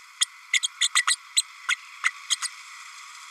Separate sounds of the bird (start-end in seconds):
0.53-0.59, 0.62-0.68, 0.80-0.88, 0.95-1.02, 1.07-1.16, 1.36-1.45, 1.69-1.75, 2.04-2.10, 2.30-2.36, 2.42-2.48